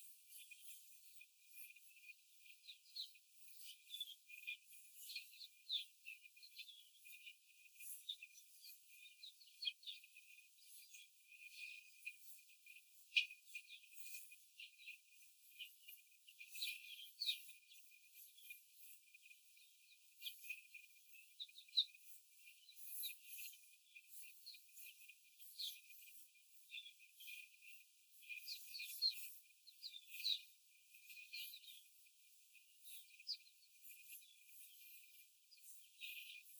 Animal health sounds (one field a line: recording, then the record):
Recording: young laying hens in a cage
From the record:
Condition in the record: before the stressor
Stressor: simulated dog barking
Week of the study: 4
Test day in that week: 1